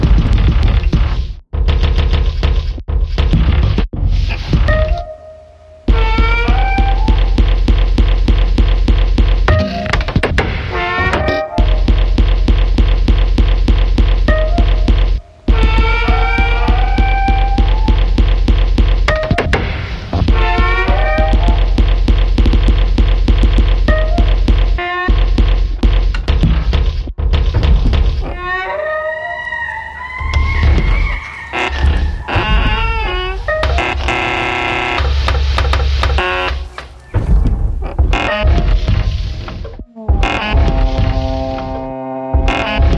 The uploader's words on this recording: All the song is made with just the sounds of the creaky and squelching old door of my studio.